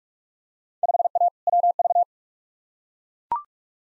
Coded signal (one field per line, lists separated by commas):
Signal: Morse code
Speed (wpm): 41 wpm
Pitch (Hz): 700 Hz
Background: none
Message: 5A WV